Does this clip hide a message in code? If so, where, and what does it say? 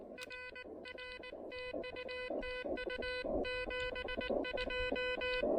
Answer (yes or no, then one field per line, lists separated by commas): yes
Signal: Morse code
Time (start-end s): 0.2-5.4 s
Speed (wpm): 20 wpm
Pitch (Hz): 2500 Hz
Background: music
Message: RR TU TU 72